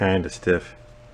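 A stiff metal part on an old, small two-stroke generator is handled and pushed while someone talks briefly, followed by quiet with a faint steady tone. Nothing has seated or popped into place yet.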